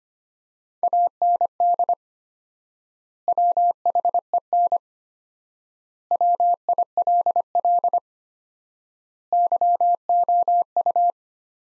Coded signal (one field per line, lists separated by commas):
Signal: Morse code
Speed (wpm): 25 wpm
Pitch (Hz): 700 Hz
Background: none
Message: AND WHEN WILL YOU